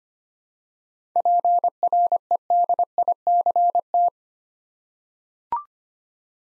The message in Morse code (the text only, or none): PREDICT